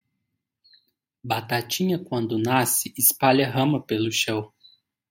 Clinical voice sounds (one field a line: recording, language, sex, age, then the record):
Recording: short text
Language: Brazilian Portuguese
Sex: male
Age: 20 to 29 years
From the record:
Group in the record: control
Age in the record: 27 years